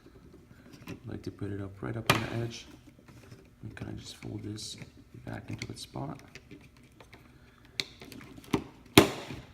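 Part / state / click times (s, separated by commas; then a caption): headphone speaker driver into ear cup housing / seated / 7.8 s, 9.0 s. During a Beats By Dre Solo HD headphone speaker repair, someone talks while the wire is folded back and the speaker driver is pressed into its seat in the plastic ear cup housing. Two sharp clicks are heard at 7.8 s and 9.0 s as the speaker snaps into its spot.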